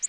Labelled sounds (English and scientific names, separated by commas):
Orange-crowned Warbler (Leiothlypis celata) flight call